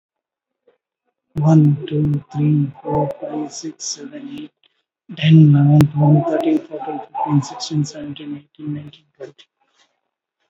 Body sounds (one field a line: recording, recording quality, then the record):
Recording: counting at a fast pace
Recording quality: excellent, no background noise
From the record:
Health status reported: recovered from COVID-19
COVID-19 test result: positive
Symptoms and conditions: cough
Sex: male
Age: 49 years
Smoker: not ticked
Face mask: worn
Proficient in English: yes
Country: India